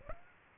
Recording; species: mosquito wingbeat signal from an infrared sensor; Aedes aegypti